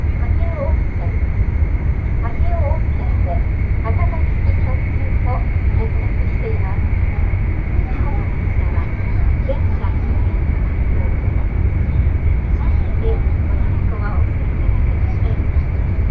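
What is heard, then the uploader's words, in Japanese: Aboard the Nishi-Kyushu Shinkansen from Nagasaki to Saga, a steady low rumble runs throughout, with a constant high whine and murmuring voices. 西九州新幹線 長崎→佐賀。西九州新幹線の全線通し、全駅停車の列車に乗って佐賀まで向かいます。開業翌日ということもあり、指定席は満席。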